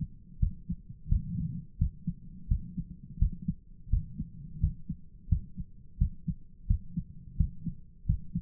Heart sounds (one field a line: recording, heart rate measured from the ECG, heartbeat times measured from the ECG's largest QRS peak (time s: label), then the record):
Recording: heart sounds by stethoscope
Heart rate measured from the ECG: 86 bpm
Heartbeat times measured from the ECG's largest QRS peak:
0.38 s: heartbeat
1.07 s: heartbeat
1.77 s: heartbeat
2.47 s: heartbeat
3.17 s: heartbeat
3.88 s: heartbeat
4.59 s: heartbeat
5.27 s: heartbeat
5.97 s: heartbeat
6.66 s: heartbeat
7.35 s: heartbeat
8.05 s: heartbeat
From the record:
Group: healthy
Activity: rest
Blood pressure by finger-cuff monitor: 109/70 mmHg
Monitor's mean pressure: 82 mmHg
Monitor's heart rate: 87 bpm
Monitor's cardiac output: 7.9 L/min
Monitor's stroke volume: 92 mL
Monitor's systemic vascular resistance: 740 dyn s/cm5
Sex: male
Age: 57 years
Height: 188 cm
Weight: 106 kg